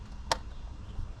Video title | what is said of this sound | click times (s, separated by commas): It was Suppose to be Simple Oil Change, Professional Car Detailer | Hear it click. Now it's on there. | 0.3 s